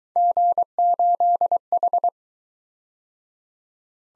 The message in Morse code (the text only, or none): G8H